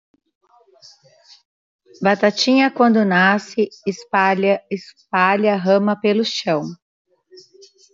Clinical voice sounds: short text; Brazilian Portuguese; female; 50 to 59 years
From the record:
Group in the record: control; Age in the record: 55 years

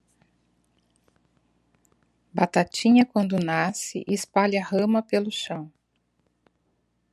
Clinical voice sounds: short text; Brazilian Portuguese; female; 50 to 59 years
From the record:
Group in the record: control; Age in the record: 53 years

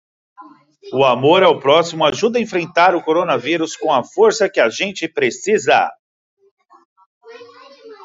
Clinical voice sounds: spoken sentence; Brazilian Portuguese; male; 40 to 49 years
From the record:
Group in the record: control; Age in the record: 45 years

